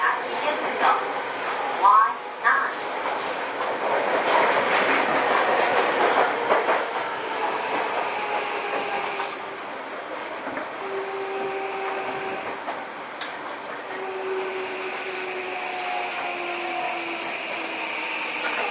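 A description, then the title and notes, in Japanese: A commuter train runs with steady rumbling and clacking, busy rattles early, then smoother running with a low whine gliding in pitch. 西武6000系 和光市〜新木場。1991年度から1995年度までに製造された6101F - 6117Fの車体は軽量ステンレス製。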